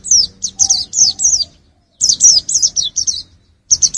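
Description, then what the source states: White-eye song: rapid runs of high, slurred chirps falling in pitch, two lively phrases with a short pause and a third beginning at the end. Part of a mixed-bird recording.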